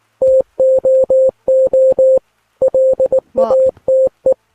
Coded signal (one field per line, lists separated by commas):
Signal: Morse code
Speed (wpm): 19 wpm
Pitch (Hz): 520 Hz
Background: none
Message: TOO LATE